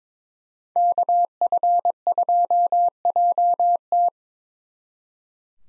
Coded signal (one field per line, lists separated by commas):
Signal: Morse code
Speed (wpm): 29 wpm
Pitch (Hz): 700 Hz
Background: none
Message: KF2JT